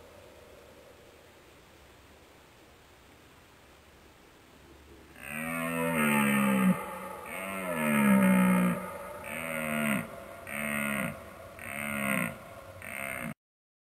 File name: Alageyik Sesi